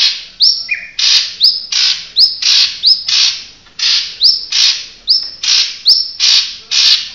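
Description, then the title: Bird chirping, a loud repeated pattern of a clear whistled note followed by a harsh broad chirp, in quick succession, with one lower whistle early on. "SuaraBurung Kicau"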